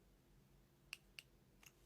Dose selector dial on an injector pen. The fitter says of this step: so there's two clicks there and then what you're going to do is take the tip off